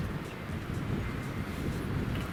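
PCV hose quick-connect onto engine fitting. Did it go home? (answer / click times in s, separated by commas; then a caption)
no / none. During a PCV oil trap replacement on a 2016-or-later Volvo S90 or XC90, the plastic quick-connect on the first end of the replacement PCV breather hose is pushed one-handed toward the engine fitting. Only a steady low rumble with broadband hiss is heard, with no sharp transients. Nothing has seated or clicked yet.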